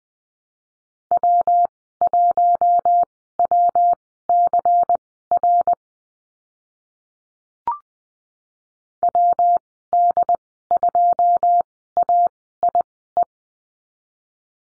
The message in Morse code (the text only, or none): W1WCR WD2AIE